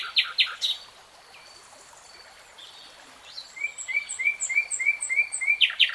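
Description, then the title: Nightingale song: a few loud harsh bursts, a quiet high whistle, then a fast string of about eight bright upslurred notes. Nightingale singing, from a three-hour real-time recording. "[Tiếng chim hót] Nightingale Singing"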